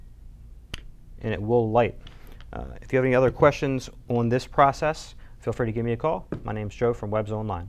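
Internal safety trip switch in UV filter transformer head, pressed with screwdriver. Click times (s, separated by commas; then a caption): 0.7 s. A small Phillips screwdriver is pushed into the larger hole on the underside of the transformer head of a Laguna Pressure-Flo UV filter, pressing the internal safety trip switch. A short, sharp click at 0.7 s marks the switch seating so the UV bulb lights, and then someone talks.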